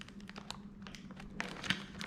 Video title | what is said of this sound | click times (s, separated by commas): Building 2nd PC by Cody | did you hear that the click song yes yeah you need to hear that | 1.4 s, 1.7 s